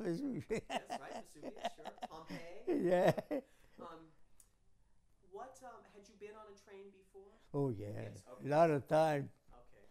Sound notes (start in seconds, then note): 0.0 chuckles; 2.6 chuckles